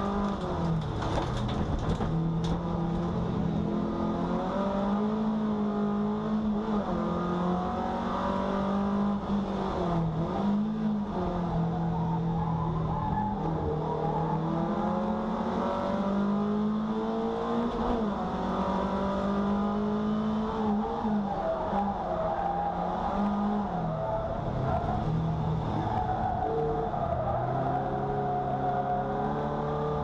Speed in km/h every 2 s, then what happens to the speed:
87, 70, 79, 99, 107, 76, 62, 74, 96, 111, 110, 82, 66, 51, 51.
0-3 brakes to 70. 3-7 speeds up to 107. 8-13 brakes to 62. 13-18 speeds up to 111. 19-26 brakes to 51.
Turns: 9-14, 18-30.